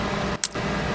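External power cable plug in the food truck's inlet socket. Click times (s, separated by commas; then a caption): 0.4 s. Someone presses the release button on a two-pin waterproof external power connector, the external power cable plug locked into the food truck's inlet socket. Against a steady broadband background noise that briefly drops out, a single sharp click sounds at 0.4 s as the lock releases.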